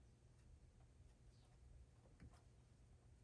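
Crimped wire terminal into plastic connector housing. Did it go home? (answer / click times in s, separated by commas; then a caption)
no / none. On a Honda C110, the crimped terminal of the red wire is pushed into the last slot of a plastic connector housing. Only faint light ticks are heard over a low background rumble. The terminal has not clicked into place yet.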